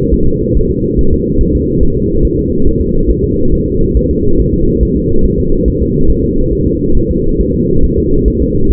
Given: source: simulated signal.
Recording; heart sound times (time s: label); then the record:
fetal heart sounds
0.14 s: S1
0.28 s: S2
0.57 s: S1
0.71 s: S2
0.99 s: S1
1.13 s: S2
1.41 s: S1
1.55 s: S2
1.83 s: S1
1.97 s: S2
2.25 s: S1
2.39 s: S2
2.67 s: S1
2.81 s: S2
3.10 s: S1
3.24 s: S2
3.54 s: S1
3.68 s: S2
3.97 s: S1
4.11 s: S2
4.40 s: S1
4.54 s: S2
4.83 s: S1
4.97 s: S2
5.25 s: S1
5.39 s: S2
5.68 s: S1
5.82 s: S2
6.10 s: S1
6.24 s: S2
6.53 s: S1
6.67 s: S2
6.97 s: S1
7.11 s: S2
7.41 s: S1
7.54 s: S2
7.84 s: S1
7.98 s: S2
8.28 s: S1
8.42 s: S2
8.71 s: S1
From the record:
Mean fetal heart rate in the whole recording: 140 bpm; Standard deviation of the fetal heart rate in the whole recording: 2 bpm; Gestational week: 34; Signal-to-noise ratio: -17.7 dB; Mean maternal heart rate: 72 bpm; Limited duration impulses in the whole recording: present